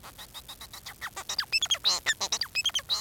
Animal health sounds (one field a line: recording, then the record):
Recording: song of a male Bengalese finch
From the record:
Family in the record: son of father 4